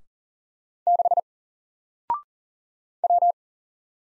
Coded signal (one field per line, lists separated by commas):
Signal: Morse code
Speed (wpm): 40 wpm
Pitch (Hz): 700 Hz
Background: none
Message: 6 W